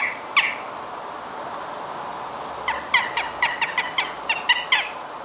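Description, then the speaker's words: Western jackdaw calls, one sharp note at the start, then after a pause a rapid run of many clipped 'chack' notes in quick succession. Main call, which sounds petulant, as if upset; heard in a garden. "Their main call sounds petulant to me, like they're upset things aren't going their way."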